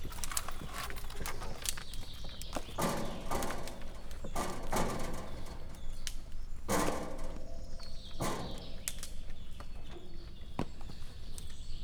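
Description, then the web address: Père David's deer joint clicking, sharp dry clicks and cracks in irregular bursts over a low background rumble. Captive animal in a zoo in Miskolc, recorded 2018; crackling sound of the deer's leg joints. "2018 david szarvas ropogolazaizuletek"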